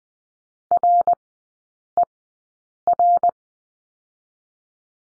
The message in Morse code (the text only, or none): RER